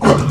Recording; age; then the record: pig call; growing-finishing pig (85 days or more)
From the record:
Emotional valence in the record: positive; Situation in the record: run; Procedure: transit